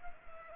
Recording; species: mosquito wingbeat signal from an infrared sensor; Culex pipiens